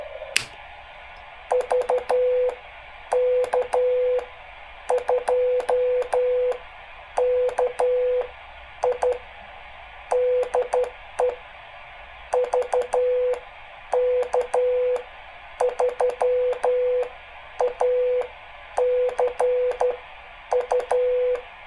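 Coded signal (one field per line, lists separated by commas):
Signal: Morse code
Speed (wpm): 12 wpm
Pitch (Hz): 500 Hz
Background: none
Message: VK2KI DE VK3ACU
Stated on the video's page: Morse from a simple homebuilt transmitter for the 80 m band.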